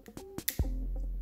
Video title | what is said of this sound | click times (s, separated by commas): Learn Videography: Part 9 - Zhiyun-Tech Weebill S Gimbal | and now it has you can hear that click | 0.5 s